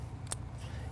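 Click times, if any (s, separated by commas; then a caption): 0.3 s. The plastic lid of a second gel-filled waterproof splice capsule on an irrigation valve solenoid wire is snapped closed over the wire nut. A faint tick at 0.3 s is followed by a sharp, bright snap at 0.3 s over a steady low hum. The lid seats firmly shut with a good snap.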